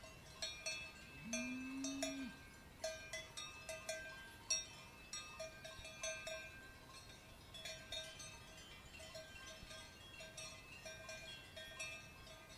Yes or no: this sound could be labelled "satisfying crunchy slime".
no